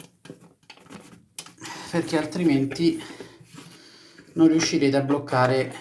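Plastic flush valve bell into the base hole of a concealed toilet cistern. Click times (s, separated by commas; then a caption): 1.4 s. A plastic flush valve bell, being replaced to fix a continuous trickle into the toilet bowl, is pushed down into the central hole in the base of an ITS Hidrobox Dual (Evolution) concealed toilet cistern. A few faint knocks come first, then a sharp click at 1.4 s as the bell seats, while someone talks. The bell still has to be pushed fully down so it can be locked with the white retainer.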